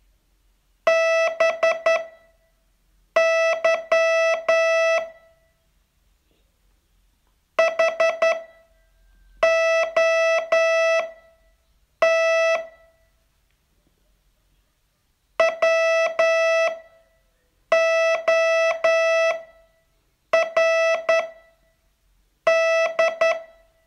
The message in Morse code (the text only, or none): BY HOT WORD